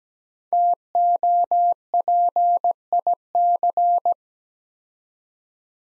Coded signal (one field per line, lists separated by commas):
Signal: Morse code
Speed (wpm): 17 wpm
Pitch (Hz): 700 Hz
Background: none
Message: TOPIC